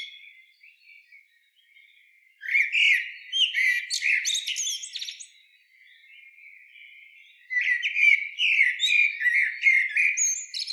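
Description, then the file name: Common blackbird uttering scolding chatter, a burst of hoarse rapid notes after two seconds, a softer thin stretch, then renewed rattling squawks and high ticks. "Turdus merula"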